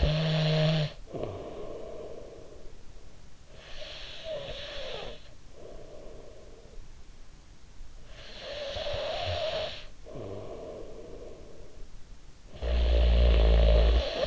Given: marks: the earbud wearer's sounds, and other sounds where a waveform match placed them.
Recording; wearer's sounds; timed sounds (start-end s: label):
sounds in sleep by an in-ear microphone; snoring breath, breath
0.00-2.91 s: snoring breath
3.20-12.29 s: breath
12.29-14.27 s: snoring breath